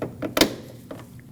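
A plastic push clip is pressed into the washer reservoir mounting hole to lock the windshield washer fluid tank in place on a 2005–2021 Nissan Frontier. A few soft knocks and handling taps surround one loud, sharp, broadband snap at 0.4 s, followed by quieter taps near 0.9 and 1.0 s. The clip seats at 0.4 s.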